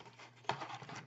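A locked plastic heel spur in the leg of a robot toy figure is pulled down. At 0.5 s it pops out of its locked forward position with a sharp click and is released. Quieter handling and scraping sounds follow.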